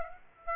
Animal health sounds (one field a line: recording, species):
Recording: mosquito wingbeat signal from an infrared sensor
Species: Aedes aegypti